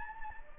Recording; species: mosquito wingbeat signal from an infrared sensor; Anopheles gambiae